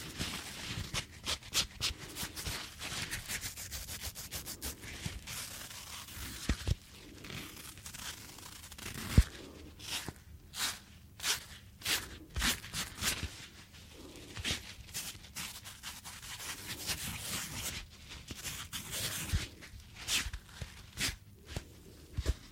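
Rubber gloves are rubbed and squeezed in a steady stream of crinkly, squeaky friction sounds. Short bright bursts come every second or so, with a few sharper snaps around nine and nineteen seconds, over a soft low rumble.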